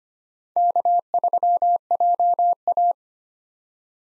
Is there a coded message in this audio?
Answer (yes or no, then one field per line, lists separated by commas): yes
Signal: Morse code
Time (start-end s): 0.6-2.9 s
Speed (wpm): 25 wpm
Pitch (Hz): 700 Hz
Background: none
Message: K3JA